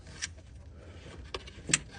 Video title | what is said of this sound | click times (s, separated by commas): Changing an Alternator Mercedes Benz Ml350/Gl450/500/550 | Boom. Hear it snap. | 1.7 s